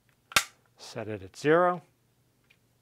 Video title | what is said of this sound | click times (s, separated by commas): Fischer Nordic - Turnamic Bindings | you'll hear it click into place give it a tug make sure it's snug and you're ready to go | 0.4 s